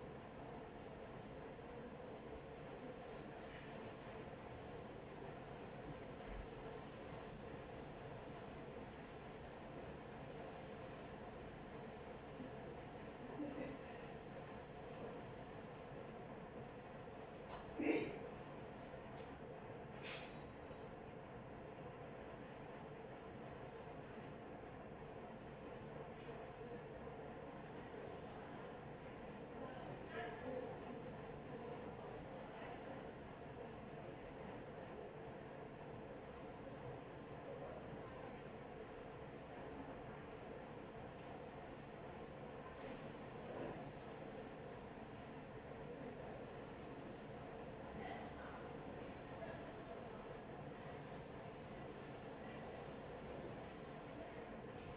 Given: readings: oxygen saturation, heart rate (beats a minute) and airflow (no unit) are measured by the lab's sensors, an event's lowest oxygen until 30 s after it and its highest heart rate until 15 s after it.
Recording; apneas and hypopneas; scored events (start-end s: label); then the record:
a person awake in a sleep study, by a smartphone at the bedside; none
0.00-54.96 s: awake
0.00-54.96 s: awake
From the record:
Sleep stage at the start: awake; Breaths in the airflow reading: 19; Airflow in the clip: -0.7 to 0.7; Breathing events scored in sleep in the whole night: 263 in 5.5 hours asleep